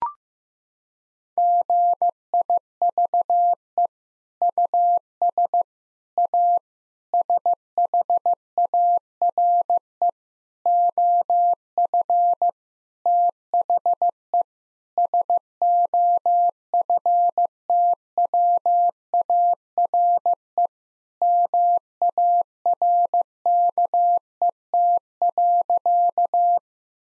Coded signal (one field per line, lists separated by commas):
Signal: Morse code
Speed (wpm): 16 wpm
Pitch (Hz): 700 Hz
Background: none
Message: GIVE US A SHARE OF THE SOFTWARE MARKET.